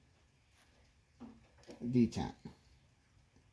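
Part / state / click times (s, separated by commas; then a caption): steel detent balls of a ball lock clutch locking into the detent groove / not seated / none. The ball lock clutch assembly of a David Bradley Sears Suburban walk-behind tractor is held by hand and shifted forward out of neutral, sliding toward the detent groove where its steel detent balls will lock in. Someone talks over brief, faint handling sounds in a quiet background. Nothing has seated or clicked yet.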